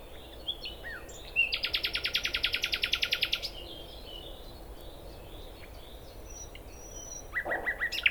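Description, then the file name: Common nightingale song: quiet scattered notes, then a loud, buzzy rapid trill of about two seconds, followed by faint twitters and a short final phrase. "Luscinia megarhynchos"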